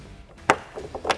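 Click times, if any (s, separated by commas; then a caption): 0.5 s. A turn signal bulb socket on a 2020+ Ford Super Duty is twisted out of the factory headlight housing during removal. It releases with a sharp click at 0.5 s, followed by a few quieter plastic taps toward the end as the socket comes free.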